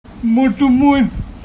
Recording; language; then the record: elicited speech; Bengali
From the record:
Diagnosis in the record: Broca's or global aphasia after a stroke